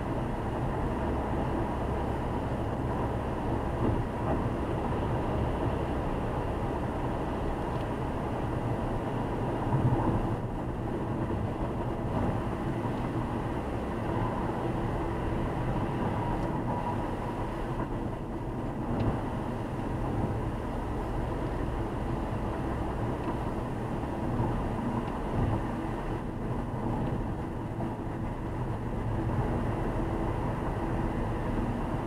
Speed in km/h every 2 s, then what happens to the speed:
102, 104, 104, 105, 102, 102, 101, 100, 96, 94, 95, 95, 92, 90, 91, 91.
0-32 slows to 91.